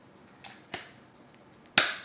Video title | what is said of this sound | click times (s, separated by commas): GI Joe Classified Series #119 Cobra Ferret Scout & Cobra Ferret ATV Unboxing & Review! | again another nice snap the fourth and final | 1.8 s